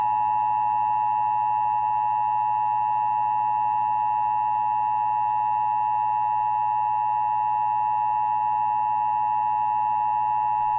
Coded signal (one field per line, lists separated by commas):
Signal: Emergency Alert System (SAME) tones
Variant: 853 and 960 Hz attention tone